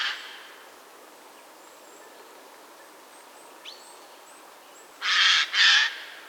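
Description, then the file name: Eurasian jay letting out two loud, hoarse screeches in quick succession near the end. "Garrulus glandarius"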